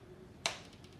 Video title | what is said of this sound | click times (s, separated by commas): Carol McFarland -New Product Testing Lil' Rolly - FB live 04/05/20 | go did you hear the click and | 0.5 s